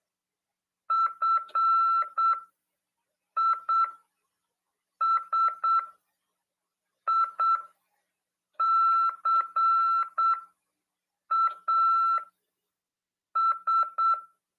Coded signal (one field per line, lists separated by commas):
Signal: Morse code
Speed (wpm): 8 wpm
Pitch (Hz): 1340 Hz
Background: none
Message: FISICAS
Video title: RADIOAMADOR "AULA 48 CW" 2ªED. 18/4/2022 "SORTEIO: RÁDIO OK no NATAL/BRASIL" PY2EXU PAULO HAM RADIO